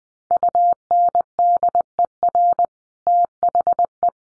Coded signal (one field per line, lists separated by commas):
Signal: Morse code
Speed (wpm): 20 wpm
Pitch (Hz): 700 Hz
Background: none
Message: UNDER THE